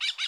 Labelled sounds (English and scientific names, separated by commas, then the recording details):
Brown-throated Parakeet (Eupsittula pertinax) contact call
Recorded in Bonaire
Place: 1 km N of power plant, rd to Republiek
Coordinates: 12.184, -68.285